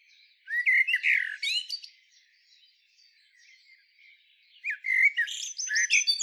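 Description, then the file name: Eurasian blackbird song in two loud bursts of fluty and squeaky notes, with a near-silent pause between them. "Turdus merula"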